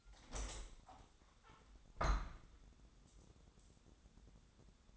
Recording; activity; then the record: daily activity, microphone in the room; open window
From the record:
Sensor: 3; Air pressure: 1000.4 hPa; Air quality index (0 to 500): 154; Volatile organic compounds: 3 ppm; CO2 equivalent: 1336 ppm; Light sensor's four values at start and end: 13/34/13/15 and 13/35/14/16